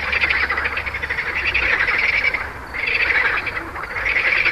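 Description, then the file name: Frog chorus of rapid rattling calls, with a brief lull in the middle before the calling resumes. "grenouilles"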